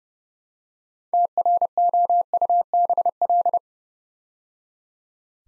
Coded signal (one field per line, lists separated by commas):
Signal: Morse code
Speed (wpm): 30 wpm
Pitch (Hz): 700 Hz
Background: none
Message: TROUBL